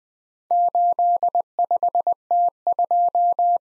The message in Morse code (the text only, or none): 85T2